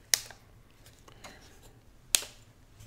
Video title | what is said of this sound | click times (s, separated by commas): FIMI X8 SE - REVIEW & INTRO...OH NO ZINO!!! | clicks and locks into place nicely | 0.1 s, 2.2 s